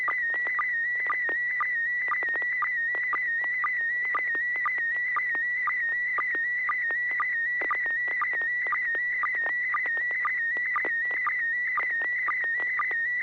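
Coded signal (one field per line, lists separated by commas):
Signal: SSTV (slow-scan television)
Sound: steady warbling whistle near 2 kHz with brief low chirps about twice a second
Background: FM repeater hum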